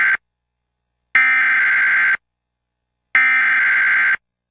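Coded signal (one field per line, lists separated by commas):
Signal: Emergency Alert System (SAME) tones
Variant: header bursts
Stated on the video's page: Made-from-scratch simulated nuclear war EAS scenario, not a real alert.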